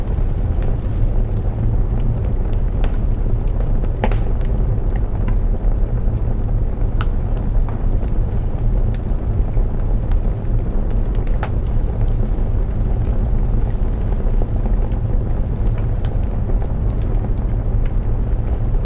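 A fire crackles in a cozy hut while rain falls steadily outside. A dense, low, even rumble fills the background throughout, and sharp pops snap through it every second or two, a few louder ones standing out near the start and middle.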